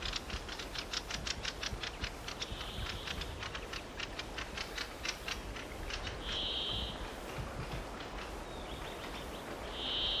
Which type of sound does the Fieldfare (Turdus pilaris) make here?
call